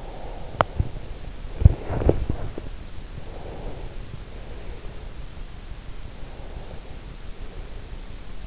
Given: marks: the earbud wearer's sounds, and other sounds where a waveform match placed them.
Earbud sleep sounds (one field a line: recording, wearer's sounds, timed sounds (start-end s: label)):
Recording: sounds in sleep by an in-ear microphone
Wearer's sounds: breath, teeth grinding, body movement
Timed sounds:
0.00-0.56 s: breath
0.56-0.85 s: teeth grinding
1.71-2.62 s: body movement
3.27-5.14 s: breath
6.11-7.99 s: breath